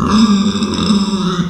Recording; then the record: squeal of a Yucatan mini pig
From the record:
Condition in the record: after surgery on the right vocal fold (resection and tissue-engineered implant); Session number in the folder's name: 14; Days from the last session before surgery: 133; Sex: female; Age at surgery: 19 weeks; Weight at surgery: 25 kg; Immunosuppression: prednisolone